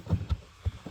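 A replaced third (high-mount) brake light housing from a Mercedes-Benz B-Class W245 is pushed back into its mounting on the rear of the car. Its plastic clips catch with a short click at 0.3 s, among low thumps from the pushing. The housing is seated in place.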